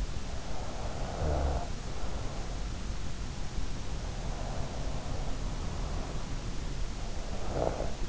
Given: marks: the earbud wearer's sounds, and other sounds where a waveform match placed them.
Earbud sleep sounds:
sounds in sleep by an in-ear microphone; snoring breath
0.13-2.87 s: snoring breath
0.39-7.06 s: sound from someone else or the room
4.24-8.09 s: snoring breath

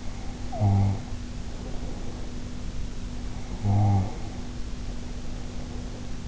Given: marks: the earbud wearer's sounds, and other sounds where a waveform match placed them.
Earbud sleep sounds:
sounds in sleep by an in-ear microphone; snoring breath
0.00-2.62 s: snoring breath
3.13-6.22 s: snoring breath

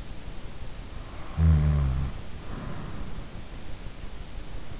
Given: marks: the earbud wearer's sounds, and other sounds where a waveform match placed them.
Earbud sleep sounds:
sounds in sleep by an in-ear microphone; snoring breath
1.38-3.31 s: snoring breath

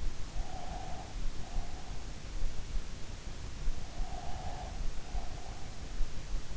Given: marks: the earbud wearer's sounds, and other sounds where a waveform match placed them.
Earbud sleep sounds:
sounds in sleep by an in-ear microphone; breath
0.48-2.23 s: breath
4.04-5.72 s: breath

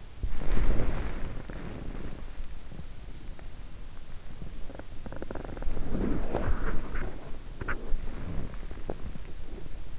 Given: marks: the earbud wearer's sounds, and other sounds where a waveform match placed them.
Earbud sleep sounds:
sounds in sleep by an in-ear microphone; body movement
0.00-2.15 s: body movement
4.84-9.84 s: body movement

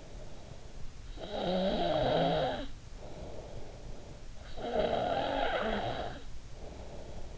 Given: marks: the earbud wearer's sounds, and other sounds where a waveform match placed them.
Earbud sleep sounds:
sounds in sleep by an in-ear microphone; snoring breath
0.92-3.36 s: snoring breath
4.29-6.51 s: snoring breath

